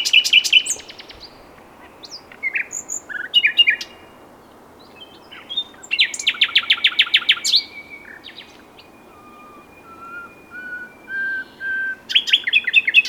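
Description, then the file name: Common nightingale song: loud rapid trills and varied phrases, then a slow series of soft rising whistles, ending with another fast trill. "Luscinia megarhynchos"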